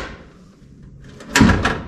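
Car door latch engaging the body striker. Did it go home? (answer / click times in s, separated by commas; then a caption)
yes / 1.4 s, 1.7 s. The restored 1959 Dodge Coronet's front door is swung shut after its latch is released, and the latch catches the body striker. Two sharp clicks sound at 1.4 s and 1.7 s as it engages in two stages. The door latches fully shut.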